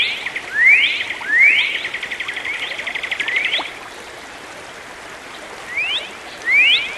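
Bird song: rising slurred whistles and a short buzzy trill, a quiet gap, then two more rising whistles.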